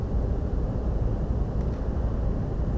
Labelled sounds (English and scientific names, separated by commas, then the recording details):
none
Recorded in France